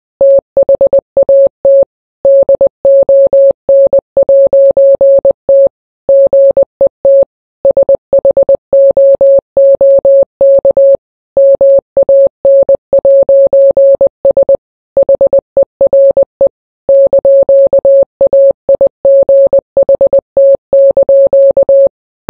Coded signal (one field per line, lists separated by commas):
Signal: Morse code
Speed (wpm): 20 wpm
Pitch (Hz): 550 Hz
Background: none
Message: THAT DON'T GET SHOOK MAN'S HERE )AIGHT)